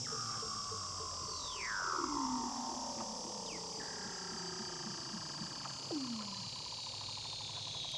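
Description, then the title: Weddell seal underwater calls: several steep descending chirps and a long gliding whistle over a steady series of soft pulsed clicks, with overlapping high tones drifting downward. "Douglas Quin - Weddell Seals (Underwater)"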